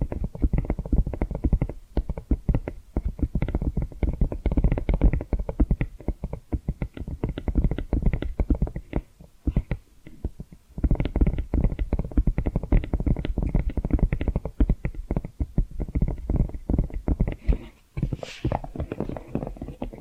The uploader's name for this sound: Hypnotic Tapping & Scratching Sounds